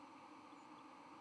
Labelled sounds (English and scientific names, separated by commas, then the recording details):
White-throated Sparrow (Zonotrichia albicollis) flight call
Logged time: 10:04 on 31 October 2014